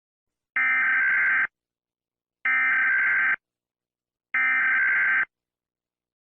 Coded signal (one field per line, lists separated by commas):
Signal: Emergency Alert System (SAME) tones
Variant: header bursts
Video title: Alaska EAS alarm (1890)